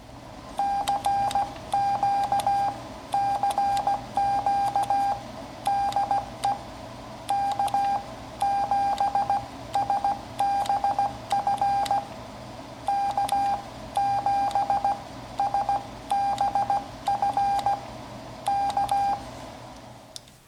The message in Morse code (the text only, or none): CQ CQ DE K7SBF K7SBF K